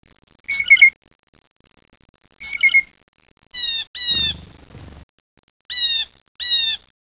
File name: bluejay